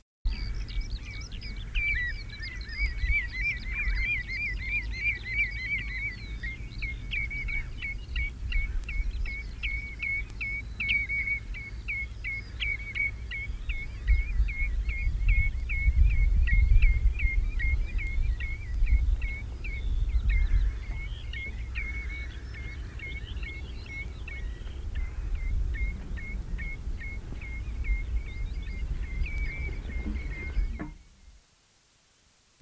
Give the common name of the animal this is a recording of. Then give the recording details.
Common Redshank. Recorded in the wild. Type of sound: call. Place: Insel Kirr, Insel Rügen, Mecklenburg-Vorpommern, DE. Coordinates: 54.421, 12.705. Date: 1970-05-24. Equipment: Nagra III BH, Sennheiser MD 21, parabola. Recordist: Schubert, Michael. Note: Rufe Rotschenkel